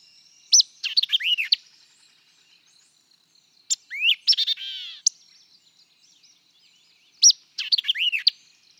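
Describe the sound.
White-eyed vireo repeating a brisk phrase of sharp chips and slurred whistles three times, about three seconds apart, one version ending in a buzzy rattle.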